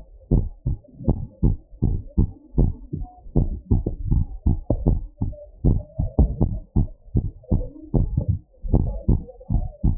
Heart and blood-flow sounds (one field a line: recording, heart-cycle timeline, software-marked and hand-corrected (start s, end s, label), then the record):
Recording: heart sounds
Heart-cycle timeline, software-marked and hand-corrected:
0.00	0.33	noise
0.33	0.45	S1
0.45	0.71	systole
0.71	0.79	S2
0.79	1.07	diastole
1.07	1.17	S1
1.17	1.43	systole
1.43	1.55	S2
1.55	1.83	diastole
1.83	1.95	S1
1.95	2.19	systole
2.19	2.29	S2
2.29	2.59	diastole
2.59	2.71	S1
2.71	2.99	systole
2.99	3.07	S2
3.07	3.37	diastole
3.37	3.49	S1
3.49	3.71	systole
3.71	3.81	S2
3.81	4.09	diastole
4.09	4.23	S1
4.23	4.47	systole
4.47	4.57	S2
4.57	4.85	diastole
4.85	4.99	S1
4.99	5.27	systole
5.27	5.35	S2
5.35	5.65	diastole
5.65	5.79	S1
5.79	6.05	systole
6.05	6.13	S2
6.13	6.41	diastole
6.41	6.53	S1
6.53	6.77	systole
6.77	6.87	S2
6.87	7.15	diastole
7.15	7.25	S1
7.25	7.53	systole
7.53	7.63	S2
7.63	7.95	diastole
7.95	8.07	S1
8.07	8.29	systole
8.29	8.39	S2
8.39	8.71	diastole
8.71	8.85	S1
8.85	9.09	systole
9.09	9.21	S2
9.21	9.51	diastole
9.51	9.63	S1
9.63	9.85	systole
9.85	9.97	S2
9.97	9.98	diastole
From the record:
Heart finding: normal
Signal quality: good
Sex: female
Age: 74 years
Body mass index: 24.5